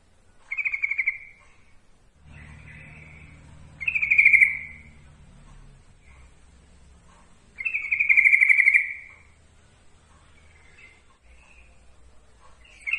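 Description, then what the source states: Yellow-vented bulbul giving a few bright notes, each up to about a second long, spaced a few seconds apart, with a low hum beneath some of them. Song-tutoring (masteran) track.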